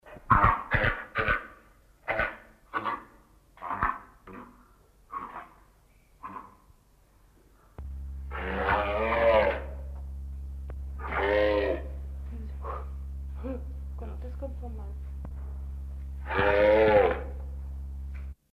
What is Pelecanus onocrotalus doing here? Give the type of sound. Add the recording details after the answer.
defence call. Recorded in captivity. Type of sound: defence call. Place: Zoo Augsburg, Bayern, DE. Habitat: river. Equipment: Halbspur, 9,5 cm/s. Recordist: Lütgens, Hans. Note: Ein Paar abwehrend, Weibchen tief und langgezogen, Männchen kurz und heiser. Augsburg 1982